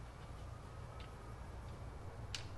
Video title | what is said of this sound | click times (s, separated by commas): Dropping the K5 Blazer body back onto the frame. Jimmy build is looking like a squarebody again. | There we go. That just pops into place. | 2.3 s